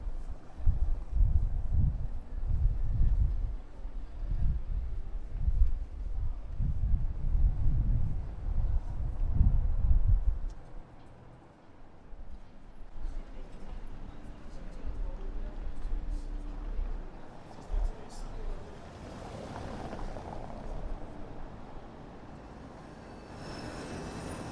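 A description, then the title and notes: A city walk opens with a heavy, throbbing low rumble from a vehicle or tram for about ten seconds, then it drops away abruptly. What follows is a quieter street backdrop with a soft murmur and scattered light sounds, brightening briefly near twenty seconds. Prague walk from Castle to Charles bridge & both towers. Walking at Prague, the capital and largest city in the Czech Republic. This walk starts at Prague Castle ending at Charles bridge by visiting both towers found at each side of Charles bridge.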